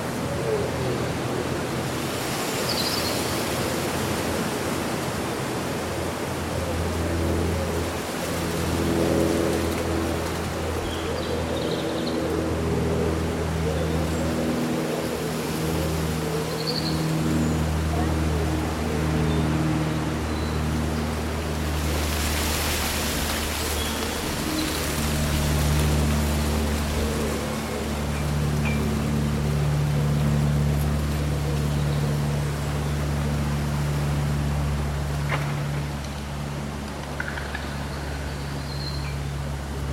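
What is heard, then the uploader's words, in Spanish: Wind on a summer day keeps up a dense, steady rustle of leaves, swelling into a stronger gust around the middle. Under it runs a low, even droning hum like a motor. A few faint, brief bird chirps come through near the start and around sixteen seconds. Un bosque bañado por el sol.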